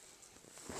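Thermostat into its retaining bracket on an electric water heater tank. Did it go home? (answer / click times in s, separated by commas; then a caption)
no / none. A new thermostat is being handled and slid behind the retaining tabs of its metal bracket on an electric water heater tank. Only faint, low-level handling noise is heard, rising toward the end. Nothing has seated or clicked yet.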